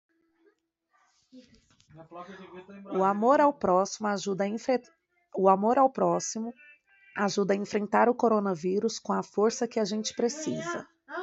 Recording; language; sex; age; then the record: spoken sentence; Brazilian Portuguese; female; 30 to 39 years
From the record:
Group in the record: control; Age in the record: 33 years